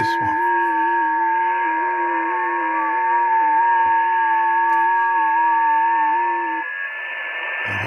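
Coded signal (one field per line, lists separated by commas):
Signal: FT8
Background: speech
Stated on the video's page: FT8 heard on the 40 m band with a Malahit DSP2 all-band receiver, using an endfed antenna or internal loop.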